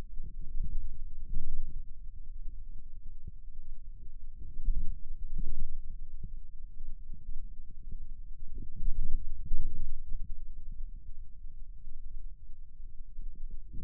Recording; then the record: forearm muscle sounds (acoustic myography)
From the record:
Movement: radial deviation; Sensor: system 2, bracelet of six BSWA MPA416 microphones around the upper forearm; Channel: 1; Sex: male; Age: 22 years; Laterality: right